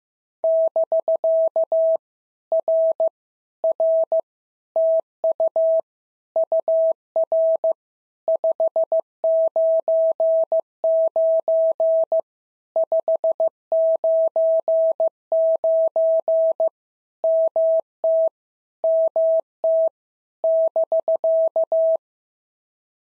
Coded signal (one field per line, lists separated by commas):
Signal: Morse code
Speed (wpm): 15 wpm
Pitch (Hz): 650 Hz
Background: none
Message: <BK> R R TU UR 599 599 MT MT <BK>